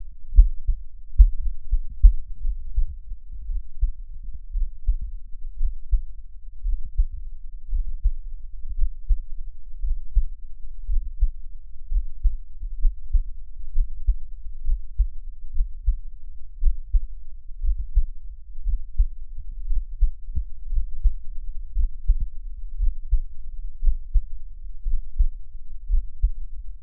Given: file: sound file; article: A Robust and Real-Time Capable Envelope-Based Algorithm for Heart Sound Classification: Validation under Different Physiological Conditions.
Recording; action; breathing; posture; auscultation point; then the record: heart sounds by electronic stethoscope; rest; normal; sitting; Erb’s point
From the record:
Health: healthy, no known heart disease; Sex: male